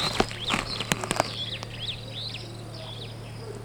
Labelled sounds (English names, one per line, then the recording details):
Superb Starling flight call
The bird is a female
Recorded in Kenya on 15 May 2010
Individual 41, of group MRC1